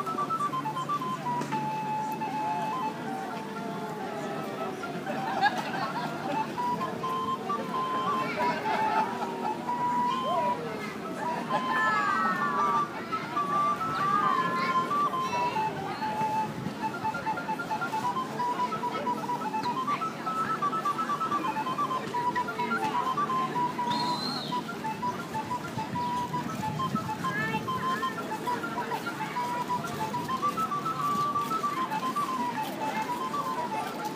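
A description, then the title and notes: A flute plays a lilting tune of short repeated notes, rising and falling steadily for the whole half minute over a busy outdoor market. The crowd's chatter and murmur stay dense throughout, with a few clinks and brief brighter sounds near the middle. Flute Tunes and "buntes Markttreiben" at Kollwitzplatz.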